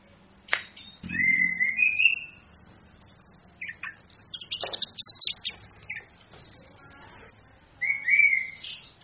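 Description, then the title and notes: Orange-headed thrush song: loud whistled phrases that slide upward, separated by clicks and short sharp notes, with a similar rising whistle returning near the end. Female bird; song used as a training (masteran) recording for other birds, played through a mobile phone screen. "ANIS KEMBANG BETINA CAS DENGAN LAYAR HP. Masteran Anis Kembang"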